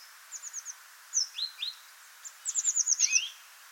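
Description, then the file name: Eurasian blue tit calls: short runs of thin, very high descending notes, interspersed with a few lower slurred notes, the longest run near the end. "Cyanistes caeruleus"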